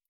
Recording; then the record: hydrophone in a shrimp aquaculture tank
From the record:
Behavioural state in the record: stressed